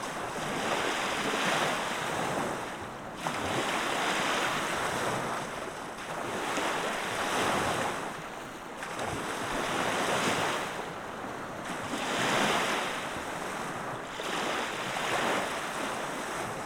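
Gentle waves roll onto a beach in a steady cycle, each surge swelling and washing back every two to three seconds. The sound is a soft, continuous hiss of surf with a light breeze underneath and no other distinct events.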